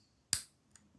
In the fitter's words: Voilà. Si vous entendez le petit clic,